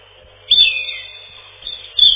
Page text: Зарянка, или реполов, или малиновка - Erithacus rubecula